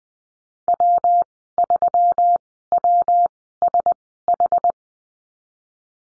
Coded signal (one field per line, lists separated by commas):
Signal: Morse code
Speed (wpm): 20 wpm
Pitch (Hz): 700 Hz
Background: none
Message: W3WSH